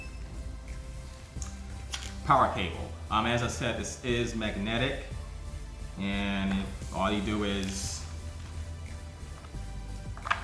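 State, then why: Partly seated. Someone talks over background music, then a magnetic charging cable is attached to the charging port of a Lumos bike helmet, snapping on with two quick clicks at 10.2 s and 10.3 s. The plug is only partly seated, leaving a little gap so it is not connected all the way; flipping the plug over fixes it.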